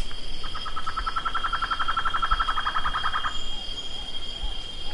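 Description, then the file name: Bird trill: a long run of quick, even pulsed notes for about three seconds, followed by near quiet with faint soft notes and background hiss. "SABIOD 50 bird 2015"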